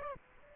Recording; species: mosquito wingbeat signal from an infrared sensor; Aedes aegypti